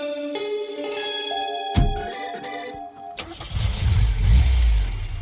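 An Audi car engine starts: a steady electronic tone and a sharp click come first, then the starter catches and the engine settles into a loud, low, rumbling idle.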